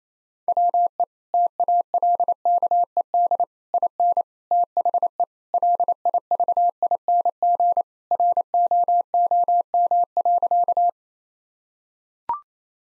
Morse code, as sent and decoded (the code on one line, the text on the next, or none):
.-- . / - .- .-.. -.- . -.. / .. -. / - .... . / .-.. .. ...- .. -. --. / .-. --- --- -- .-.-.-
WE TALKED IN THE LIVING ROOM.